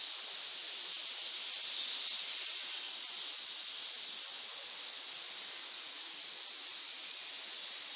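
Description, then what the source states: Snakes producing a long, even hiss with small swells in loudness and no other sounds present. Many snakes hissing together in a pit.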